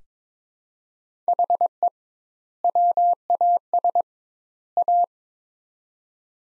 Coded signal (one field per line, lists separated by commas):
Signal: Morse code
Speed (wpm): 22 wpm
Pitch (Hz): 700 Hz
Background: none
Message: HE WAS A